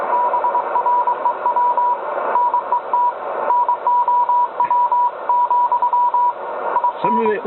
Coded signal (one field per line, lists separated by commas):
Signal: Morse code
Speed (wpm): 22 wpm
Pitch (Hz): 970 Hz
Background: speech, radio noise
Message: BREW NET NOW, IN